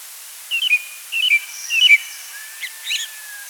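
Chestnut thrush song of three quick whistled phrases, each falling slightly, followed by softer higher chirps and a faint thin tone.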